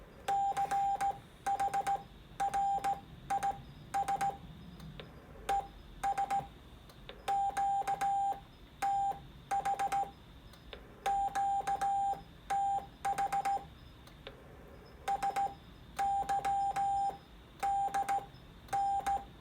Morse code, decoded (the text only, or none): CHRIS ES QTH QTH SYDN